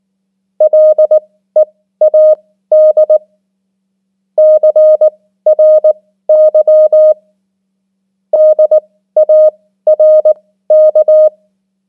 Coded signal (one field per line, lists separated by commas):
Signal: Morse code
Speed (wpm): 19 wpm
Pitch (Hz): 620 Hz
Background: none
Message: LEAD CRY DARK